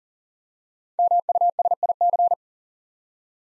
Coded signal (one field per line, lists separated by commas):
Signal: Morse code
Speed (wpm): 40 wpm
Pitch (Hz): 700 Hz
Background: none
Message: MUSIC